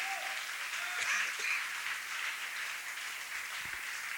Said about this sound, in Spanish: Dele palmas al Señor con todo su corazón.